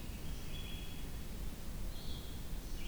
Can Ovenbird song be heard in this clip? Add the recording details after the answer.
no. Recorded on 23 June 2016 at 06:12. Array SBT-6-76